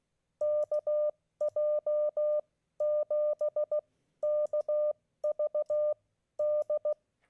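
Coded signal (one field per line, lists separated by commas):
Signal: Morse code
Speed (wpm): 16 wpm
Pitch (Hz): 600 Hz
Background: none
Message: KJ7KVD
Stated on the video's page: Morse contacts made during a Parks on the Air park activation.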